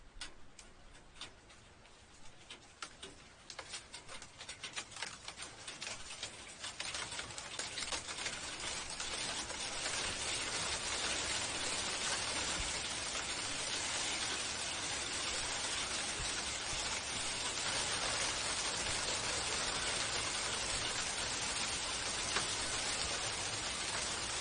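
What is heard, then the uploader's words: Small hailstones strike the ground and leaves, starting as scattered separate ticks in the first few seconds and quickly thickening into a dense, steady hiss of countless tiny impacts. After about eight seconds the pattering stays constant and bright, with occasional sharper hits standing out. Small hailstones naturally hit the ground and leaves from high altitude.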